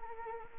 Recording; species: mosquito wingbeat signal from an infrared sensor; Anopheles arabiensis